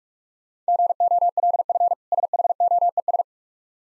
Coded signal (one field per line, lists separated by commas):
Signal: Morse code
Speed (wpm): 46 wpm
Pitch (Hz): 700 Hz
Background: none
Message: GOLF SHOES